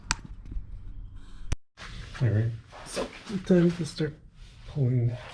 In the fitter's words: when you push it on you'll feel it click when it's in place